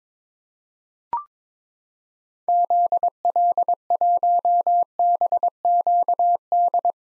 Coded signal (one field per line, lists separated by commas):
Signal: Morse code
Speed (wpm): 22 wpm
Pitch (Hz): 700 Hz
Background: none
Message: ZL1BQD